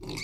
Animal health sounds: pig call; weaner (32 to 43 days)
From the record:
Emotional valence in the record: negative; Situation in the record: short isolation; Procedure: open field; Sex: female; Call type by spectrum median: low-frequency call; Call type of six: mixed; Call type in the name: high-frequency modulated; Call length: 0.24 s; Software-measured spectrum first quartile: 267 Hz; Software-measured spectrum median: 1694 Hz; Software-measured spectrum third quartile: 3863 Hz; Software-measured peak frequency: 363 Hz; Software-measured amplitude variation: 109 dB a second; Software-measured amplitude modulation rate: 16.4 a second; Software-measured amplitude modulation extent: 6.6 dB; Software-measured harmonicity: 4.1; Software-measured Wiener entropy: -3.40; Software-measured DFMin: 1191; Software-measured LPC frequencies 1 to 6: 911, 2238, 3756, 4560, 5465, 6121 Hz

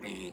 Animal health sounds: pig call; piglet (1 to 25 days)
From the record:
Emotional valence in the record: negative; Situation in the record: restrain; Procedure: sham castration, cut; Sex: male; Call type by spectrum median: low-frequency call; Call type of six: low-frequency tonal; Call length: 0.33 s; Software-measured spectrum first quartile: 315 Hz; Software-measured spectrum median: 946 Hz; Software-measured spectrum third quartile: 3110 Hz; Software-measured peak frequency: 361 Hz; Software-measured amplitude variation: 88 dB a second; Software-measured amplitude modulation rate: 22.9 a second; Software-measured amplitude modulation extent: 3.8 dB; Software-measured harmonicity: 2.5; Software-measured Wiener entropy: -2.15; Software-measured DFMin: 772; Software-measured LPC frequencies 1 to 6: 2124, 2672, 3585, 4985, 7592, 9308 Hz

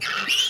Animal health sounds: pig call; piglet (1 to 25 days)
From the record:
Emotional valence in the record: negative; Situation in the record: short isolation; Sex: male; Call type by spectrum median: high-frequency call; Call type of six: high-frequency stable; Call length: 0.50 s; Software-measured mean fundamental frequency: 348 Hz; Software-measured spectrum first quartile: 2388 Hz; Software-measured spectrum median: 2988 Hz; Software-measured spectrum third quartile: 3829 Hz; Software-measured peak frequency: 2782 Hz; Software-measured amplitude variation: 111 dB a second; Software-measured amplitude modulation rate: 24.9 a second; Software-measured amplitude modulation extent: 4.4 dB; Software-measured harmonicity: 5.2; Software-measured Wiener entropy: -2.15

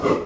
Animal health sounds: pig call; growing-finishing pig (85 days or more)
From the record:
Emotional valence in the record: positive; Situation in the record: run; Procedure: transit

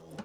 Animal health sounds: pig call; piglet (1 to 25 days)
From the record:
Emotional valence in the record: negative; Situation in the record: short isolation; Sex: female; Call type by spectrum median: low-frequency call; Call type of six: mixed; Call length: 0.24 s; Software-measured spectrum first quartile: 227 Hz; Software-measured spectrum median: 492 Hz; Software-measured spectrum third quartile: 1307 Hz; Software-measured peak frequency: 204 Hz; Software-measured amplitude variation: 155 dB a second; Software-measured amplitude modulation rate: 14.3 a second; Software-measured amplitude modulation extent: 10.8 dB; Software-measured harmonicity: 4.1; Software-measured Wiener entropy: -0.87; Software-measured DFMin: 720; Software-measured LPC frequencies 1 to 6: 1436, 2931, 4061, 4924, 6047, 7427 Hz

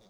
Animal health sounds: pig call; piglet (1 to 25 days)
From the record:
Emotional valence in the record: positive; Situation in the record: short reunion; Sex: male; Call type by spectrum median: low-frequency call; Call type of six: low-frequency tonal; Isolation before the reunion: 3 minutes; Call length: 0.09 s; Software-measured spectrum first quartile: 358 Hz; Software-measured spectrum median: 987 Hz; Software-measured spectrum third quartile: 3970 Hz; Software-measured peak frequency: 200 Hz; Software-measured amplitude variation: 22 dB a second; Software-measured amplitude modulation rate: 10.7 a second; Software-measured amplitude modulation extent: 2.0 dB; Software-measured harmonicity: 2.5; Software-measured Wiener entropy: -2.07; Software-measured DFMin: 803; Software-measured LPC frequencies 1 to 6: 529, 2155, 3575, 4731, 5612, 6456 Hz

